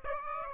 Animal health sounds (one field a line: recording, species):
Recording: mosquito wingbeat signal from an infrared sensor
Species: Aedes aegypti